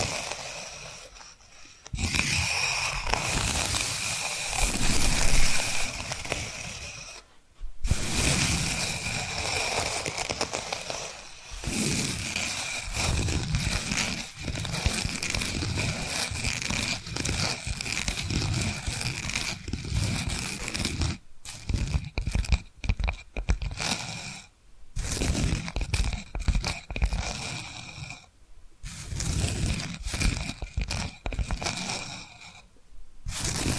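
Dense, continuous tapping and scratching with a rough, papery scrape, interrupted by brief silent gaps near 8, 21, 25 and 29 seconds.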